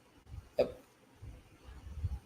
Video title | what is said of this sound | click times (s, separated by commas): NEW Transformers Studio Series & Earthspark Figures Have Arrived! [LIVE Unboxing] | click into place I guess soft click soft click into place I guess | 0.6 s